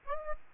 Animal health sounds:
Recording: mosquito wingbeat signal from an infrared sensor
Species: Aedes aegypti

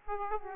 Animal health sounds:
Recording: mosquito wingbeat signal from an infrared sensor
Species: Aedes aegypti

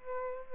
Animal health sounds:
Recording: mosquito wingbeat signal from an infrared sensor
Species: Aedes albopictus

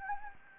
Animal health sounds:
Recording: mosquito wingbeat signal from an infrared sensor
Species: Anopheles gambiae

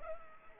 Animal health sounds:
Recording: mosquito wingbeat signal from an infrared sensor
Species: Culex pipiens

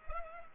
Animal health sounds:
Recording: mosquito wingbeat signal from an infrared sensor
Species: Culex pipiens

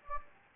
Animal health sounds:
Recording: mosquito wingbeat signal from an infrared sensor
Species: Anopheles gambiae

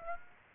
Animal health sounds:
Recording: mosquito wingbeat signal from an infrared sensor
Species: Aedes aegypti

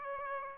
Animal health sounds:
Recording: mosquito wingbeat signal from an infrared sensor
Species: Aedes aegypti

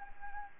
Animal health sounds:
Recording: mosquito wingbeat signal from an infrared sensor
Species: Anopheles arabiensis

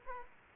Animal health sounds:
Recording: mosquito wingbeat signal from an infrared sensor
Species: Culex quinquefasciatus

